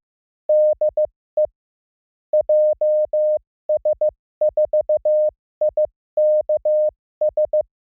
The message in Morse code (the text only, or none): DE JS4IKS